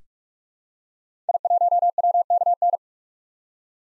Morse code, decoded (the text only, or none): I1WKN